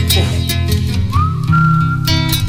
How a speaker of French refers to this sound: Ah, il siffle bien. Ouais. Pas mal.